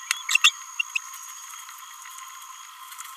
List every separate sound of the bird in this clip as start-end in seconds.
0.29-0.37, 0.44-0.50, 0.80-0.82, 0.95-0.97